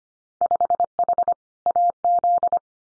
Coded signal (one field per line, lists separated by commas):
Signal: Morse code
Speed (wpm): 25 wpm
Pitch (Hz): 700 Hz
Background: none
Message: 5H AZ